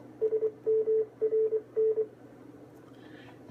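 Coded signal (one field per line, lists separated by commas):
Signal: Morse code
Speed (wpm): 23 wpm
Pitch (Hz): 440 Hz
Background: none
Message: SMRN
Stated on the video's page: Tones from a 446.150 repeater system.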